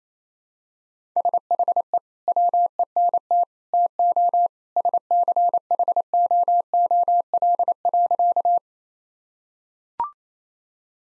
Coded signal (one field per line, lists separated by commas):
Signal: Morse code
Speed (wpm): 28 wpm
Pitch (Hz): 700 Hz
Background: none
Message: SHE WENT TO SCHOOL.